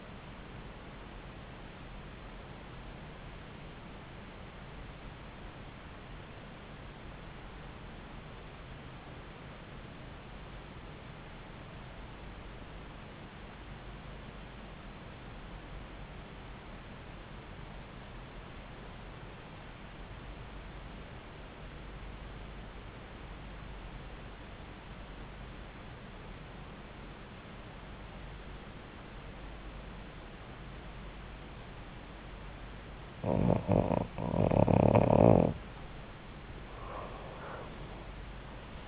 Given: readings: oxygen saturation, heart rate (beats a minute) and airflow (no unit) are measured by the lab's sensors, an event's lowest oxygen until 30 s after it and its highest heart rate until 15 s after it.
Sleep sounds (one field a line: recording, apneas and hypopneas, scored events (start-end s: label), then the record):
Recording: breathing in sleep by a voice recorder at the bedside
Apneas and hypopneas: 1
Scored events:
4.00-32.90 s: obstructive apnea (REM, oxygen 95% highest, then 83% lowest)
From the record:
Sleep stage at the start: REM sleep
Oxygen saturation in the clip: 88 to 95%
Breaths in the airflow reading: 5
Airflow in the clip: -8.1 to 7.8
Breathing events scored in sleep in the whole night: 270 in 6.1 hours asleep